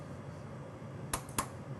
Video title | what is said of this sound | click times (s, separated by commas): How to replace switch on conveyor pizza oven Windy City Restaurant Repair & Maintenance Tips | snaps right in place just like that | 1.1 s, 1.4 s